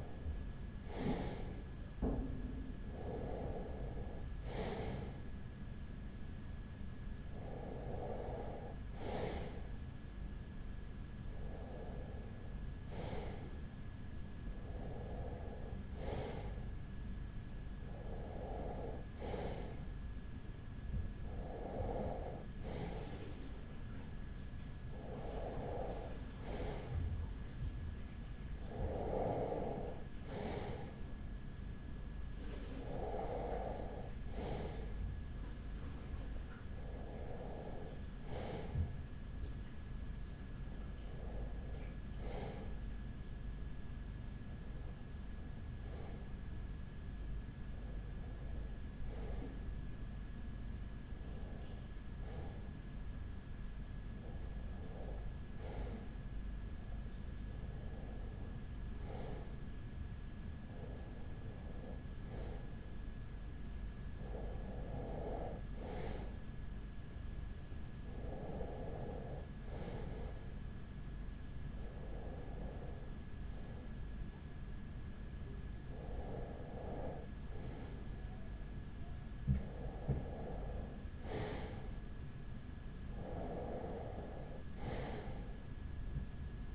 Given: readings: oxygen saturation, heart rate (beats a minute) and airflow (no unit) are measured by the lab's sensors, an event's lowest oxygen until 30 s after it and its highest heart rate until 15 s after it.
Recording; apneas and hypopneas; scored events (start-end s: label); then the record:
breathing in sleep by a smartphone at the bedside; none
none scored
From the record:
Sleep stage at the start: REM sleep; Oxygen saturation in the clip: 94 to 95%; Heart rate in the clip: 37 to 48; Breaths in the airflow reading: 24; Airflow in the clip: -5.5 to 4.3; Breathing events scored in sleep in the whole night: 207 in 7.6 hours asleep